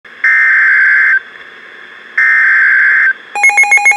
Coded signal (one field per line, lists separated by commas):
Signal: Emergency Alert System (SAME) tones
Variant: header bursts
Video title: Severe Thunderstorm Warning (EAS #1699)